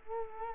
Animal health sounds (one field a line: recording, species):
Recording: mosquito wingbeat signal from an infrared sensor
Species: Culex quinquefasciatus